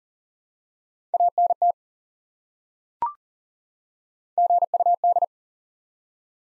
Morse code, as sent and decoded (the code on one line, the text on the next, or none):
.- -. - / --. ..- -..
ANT GUD